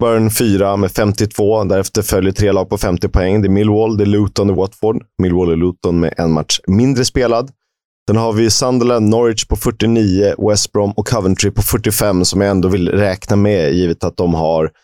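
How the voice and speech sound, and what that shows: One adult man speaks fluent, steady Swedish with a low, clear voice and brief natural pauses, reading off football league standings and points. Rhythm and articulation are ordinary, with no audible voice or speech disorder; a typical conversational reading voice.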